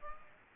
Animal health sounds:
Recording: mosquito wingbeat signal from an infrared sensor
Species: Aedes aegypti

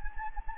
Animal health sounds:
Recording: mosquito wingbeat signal from an infrared sensor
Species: Anopheles gambiae

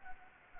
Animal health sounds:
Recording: mosquito wingbeat signal from an infrared sensor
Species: Anopheles gambiae

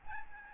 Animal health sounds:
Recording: mosquito wingbeat signal from an infrared sensor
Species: Aedes albopictus

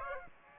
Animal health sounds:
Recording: mosquito wingbeat signal from an infrared sensor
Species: Aedes aegypti

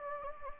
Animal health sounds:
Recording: mosquito wingbeat signal from an infrared sensor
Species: Anopheles gambiae

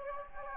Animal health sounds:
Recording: mosquito wingbeat signal from an infrared sensor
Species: Anopheles gambiae

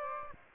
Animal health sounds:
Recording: mosquito wingbeat signal from an infrared sensor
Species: Aedes aegypti

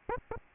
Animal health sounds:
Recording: mosquito wingbeat signal from an infrared sensor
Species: Aedes albopictus

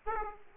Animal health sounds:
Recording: mosquito wingbeat signal from an infrared sensor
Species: Aedes aegypti

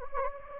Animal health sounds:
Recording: mosquito wingbeat signal from an infrared sensor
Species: Anopheles gambiae

